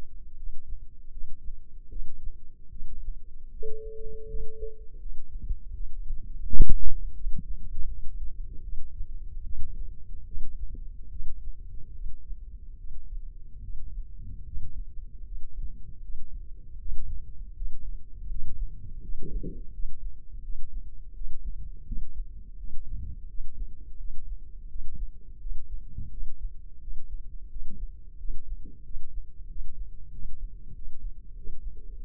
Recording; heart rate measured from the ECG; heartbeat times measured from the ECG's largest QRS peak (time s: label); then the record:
heart sounds by microphone in the left ear; 82 bpm
0.35 s: heartbeat
1.10 s: heartbeat
1.88 s: heartbeat
2.69 s: heartbeat
3.49 s: heartbeat
4.25 s: heartbeat
4.98 s: heartbeat
5.72 s: heartbeat
6.45 s: heartbeat
7.13 s: heartbeat
7.86 s: heartbeat
8.62 s: heartbeat
9.43 s: heartbeat
10.25 s: heartbeat
11.09 s: heartbeat
11.93 s: heartbeat
12.77 s: heartbeat
13.61 s: heartbeat
14.44 s: heartbeat
15.23 s: heartbeat
16.01 s: heartbeat
16.77 s: heartbeat
17.53 s: heartbeat
18.27 s: heartbeat
19.00 s: heartbeat
19.71 s: heartbeat
20.41 s: heartbeat
21.13 s: heartbeat
21.84 s: heartbeat
22.56 s: heartbeat
23.26 s: heartbeat
23.96 s: heartbeat
24.67 s: heartbeat
25.38 s: heartbeat
26.09 s: heartbeat
26.79 s: heartbeat
27.48 s: heartbeat
28.16 s: heartbeat
28.82 s: heartbeat
29.47 s: heartbeat
30.10 s: heartbeat
30.72 s: heartbeat
31.33 s: heartbeat
31.93 s: heartbeat
From the record:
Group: healthy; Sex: female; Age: 19 years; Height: 163 cm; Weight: 51 kg